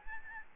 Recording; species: mosquito wingbeat signal from an infrared sensor; Aedes albopictus